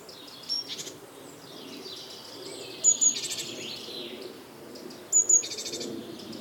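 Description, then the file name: Great tit: high piercing notes joined to scratchy bursts, repeated about every two seconds, over a steady low background hum. "Parus major"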